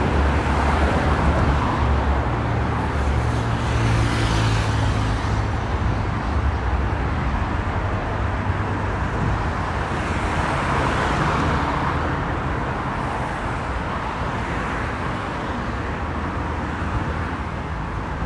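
A bus ride with a steady, dense engine rumble and road roar that holds level throughout. A low droning hum rises and falls in the first five seconds, and a soft whooshing swell passes around ten to twelve seconds.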